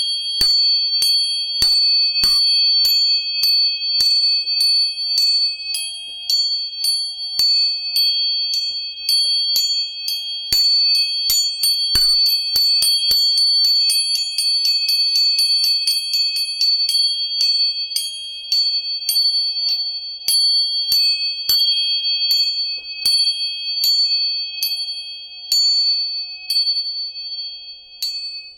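Tuning forks are struck again and again, each sharp tap leaving bright, sustained ringing tones that overlap, with taps crowding together mid-clip.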